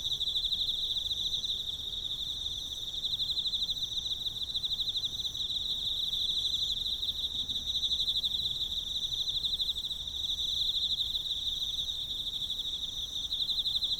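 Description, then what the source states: Emma field cricket song, a steady high pulsing trill of rapid chirps held throughout, with a fainter upper overtone and a soft low background rumble. Recorded with a ZOOM F6 recorder and a Sennheiser MK microphone.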